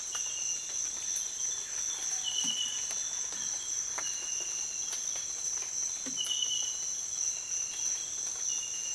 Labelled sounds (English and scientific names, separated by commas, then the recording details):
none
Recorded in dense forest near Puerto Asís, Putumayo, Colombia, on 25 June 2025 at 06:00
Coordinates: 0.484, -76.325
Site H65